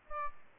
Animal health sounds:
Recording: mosquito wingbeat signal from an infrared sensor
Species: Aedes albopictus

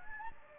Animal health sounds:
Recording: mosquito wingbeat signal from an infrared sensor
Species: Anopheles gambiae

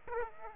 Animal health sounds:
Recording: mosquito wingbeat signal from an infrared sensor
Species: Aedes aegypti

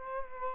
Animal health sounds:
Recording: mosquito wingbeat signal from an infrared sensor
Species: Culex quinquefasciatus

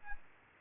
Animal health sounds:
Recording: mosquito wingbeat signal from an infrared sensor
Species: Aedes albopictus

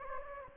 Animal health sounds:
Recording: mosquito wingbeat signal from an infrared sensor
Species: Anopheles gambiae

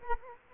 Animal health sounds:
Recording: mosquito wingbeat signal from an infrared sensor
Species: Culex quinquefasciatus

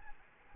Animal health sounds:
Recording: mosquito wingbeat signal from an infrared sensor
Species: Aedes albopictus

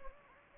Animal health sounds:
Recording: mosquito wingbeat signal from an infrared sensor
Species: Anopheles gambiae

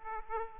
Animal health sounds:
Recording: mosquito wingbeat signal from an infrared sensor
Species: Aedes aegypti

